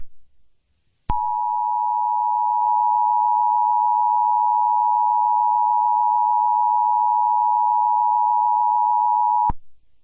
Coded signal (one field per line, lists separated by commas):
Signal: Emergency Alert System (SAME) tones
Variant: 853 and 960 Hz attention tone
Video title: EAS Scenario #4: Clown Rampage of London.